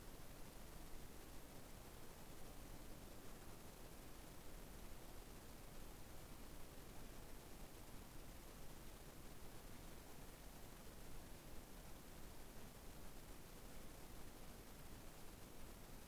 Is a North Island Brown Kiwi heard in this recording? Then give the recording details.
no. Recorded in New Zealand on 21 November 2014. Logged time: 02:28. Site CL78